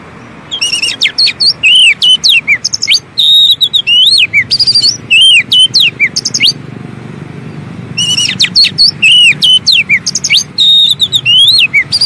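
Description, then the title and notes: Oriental magpie-robin singing loud, rapid phrases of looping whistles and chirps, with a brief pause midway, over a low background rumble. Kacer song used as isian (filler song for training birds), long-duration recording meant to make birds sing vigorously day and night. "Kacer Jadi Gacor Siang Malam. Isian Kacer Durasi Panjang"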